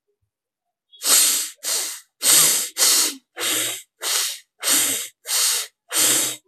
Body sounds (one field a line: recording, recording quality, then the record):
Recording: shallow breathing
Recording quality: excellent, no background noise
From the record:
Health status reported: COVID-19 positive, mild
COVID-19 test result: positive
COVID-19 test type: RT-PCR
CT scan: not taken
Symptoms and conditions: cough, cold, sore throat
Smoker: no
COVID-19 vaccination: both doses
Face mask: not worn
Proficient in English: yes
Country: India